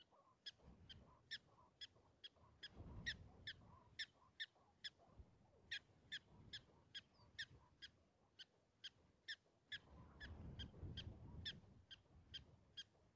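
Prairie dog chirps, brief high notes repeated a little over twice a second, with low rumbling noise rising and fading behind them.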